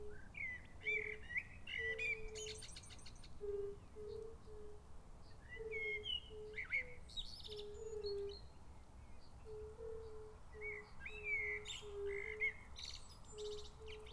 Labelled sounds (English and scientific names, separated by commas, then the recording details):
Fire-Bellied Toad (Bombina bombina) call
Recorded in the wild
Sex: male
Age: adult
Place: Bernau bei Berlin, Barnim, Brandenburg, DE
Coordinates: 52.6633, 13.6176
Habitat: pond
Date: 2018-04-18 20:34
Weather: 20°C, clear, almost windless
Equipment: Zoom H4nSP
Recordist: Frommolt, Karl-Heinz